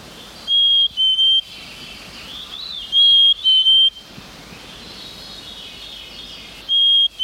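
Black-capped chickadee whistled song, clear two-note pure whistles, the second slightly lower, given twice with pauses, then a single whistle at the end; a faint warbling bird sings in the background.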